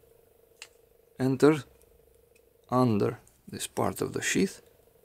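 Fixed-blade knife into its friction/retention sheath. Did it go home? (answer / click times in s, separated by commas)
no / none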